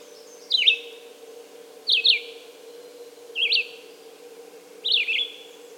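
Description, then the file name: Red-eyed vireo: four short slurred phrases dropping and rising in pitch, each separated by a pause of about a second, with background hum. "red-eyed vireo song by jonathon jongsma"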